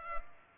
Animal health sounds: mosquito wingbeat signal from an infrared sensor; Culex pipiens

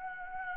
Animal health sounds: mosquito wingbeat signal from an infrared sensor; Anopheles gambiae

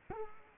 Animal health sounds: mosquito wingbeat signal from an infrared sensor; Culex quinquefasciatus

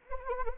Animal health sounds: mosquito wingbeat signal from an infrared sensor; Anopheles arabiensis

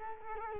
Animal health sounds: mosquito wingbeat signal from an infrared sensor; Culex quinquefasciatus

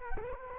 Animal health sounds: mosquito wingbeat signal from an infrared sensor; Culex quinquefasciatus

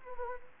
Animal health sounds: mosquito wingbeat signal from an infrared sensor; Anopheles gambiae

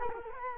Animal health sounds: mosquito wingbeat signal from an infrared sensor; Culex quinquefasciatus

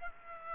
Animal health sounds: mosquito wingbeat signal from an infrared sensor; Aedes aegypti

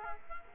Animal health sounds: mosquito wingbeat signal from an infrared sensor; Culex quinquefasciatus

